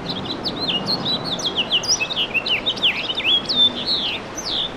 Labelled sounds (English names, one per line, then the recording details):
House Finch song
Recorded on Long Island, New York, on 2 June 2012
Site CP
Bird B